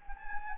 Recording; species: mosquito wingbeat signal from an infrared sensor; Anopheles gambiae